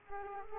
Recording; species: mosquito wingbeat signal from an infrared sensor; Culex quinquefasciatus